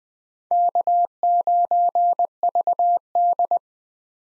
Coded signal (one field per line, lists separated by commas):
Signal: Morse code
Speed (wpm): 20 wpm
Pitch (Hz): 700 Hz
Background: none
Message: K9VD